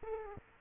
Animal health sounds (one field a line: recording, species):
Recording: mosquito wingbeat signal from an infrared sensor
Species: Aedes aegypti